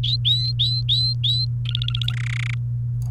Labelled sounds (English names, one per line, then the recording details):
Domestic Canary song
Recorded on 28 April 2018 at 09:43
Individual llb3